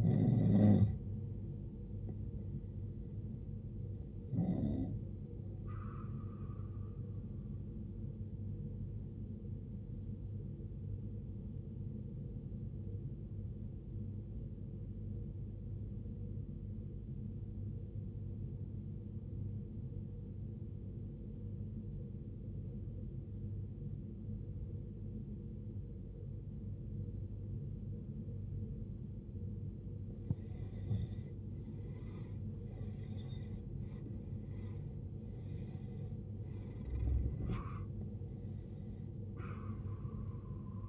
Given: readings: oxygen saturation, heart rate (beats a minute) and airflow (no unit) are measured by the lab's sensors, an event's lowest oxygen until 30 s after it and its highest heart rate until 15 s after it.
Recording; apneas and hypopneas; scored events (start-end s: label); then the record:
breathing in sleep by a smartphone at the bedside; 1
10.00-30.10 s: obstructive apnea (N2, oxygen 95% highest, then 84% lowest, heart rate 61 at the start, 76 highest)
From the record:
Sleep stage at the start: N2 (light sleep); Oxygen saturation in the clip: 84 to 95%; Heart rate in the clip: 56 to 76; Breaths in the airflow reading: 6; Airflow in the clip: -16.5 to 17.1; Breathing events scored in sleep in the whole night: 389 in 6.3 hours asleep